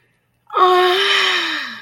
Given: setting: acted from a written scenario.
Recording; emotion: vocal sound without words; elation